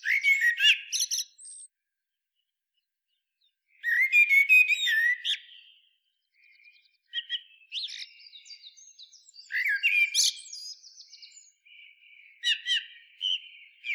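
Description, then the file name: Eurasian blackbird singing mellow whistled phrases that break into thin, scratchy twittering, two loud strophes early, then a longer run of quieter, rambling warbles and squeaks. "Turdus merula"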